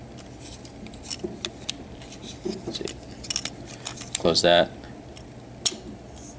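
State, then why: Seated. The plastic leg panel of a Transformers Combiner Wars Dead End robot figure is closed so its notch seats into its groove, with light plastic handling taps and a louder rattling burst around 4.2–4.6 s while someone talks. The leg gives a sharp little click at 5.7 s, confirming it is seated.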